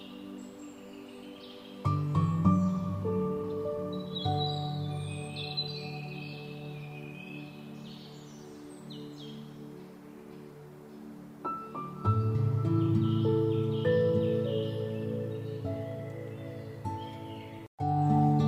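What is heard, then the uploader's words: Music with bird sounds: low sustained tones swell in around two seconds and again near twelve seconds, fading slowly between. Bird chirps and twitters flicker above throughout, busiest early and late, and the sound cuts out briefly just before the end. Relaxing music with bird sounds.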